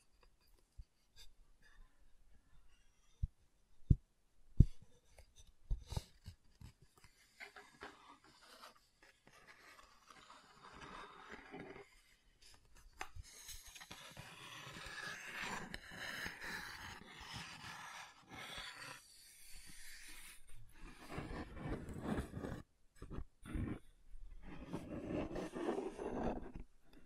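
Wooden objects are tapped and handled, with sharp isolated knocks in the first six seconds. After that comes a longer stretch of rubbing and rasping across the wood, uneven and scratchy. It swells and fades in bursts until the end, broken by a few short pauses.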